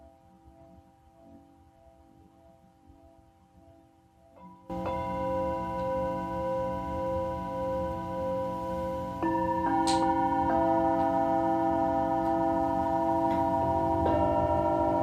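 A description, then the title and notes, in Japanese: A singing bowl hums softly for the first four seconds, then is struck and swells into a full, ringing tone. Around nine seconds a second strike lifts it louder, with a bright ping near ten seconds, and the layered tones sustain steadily to the end. メキシコから シンギングボウルのサウンドヒーリング。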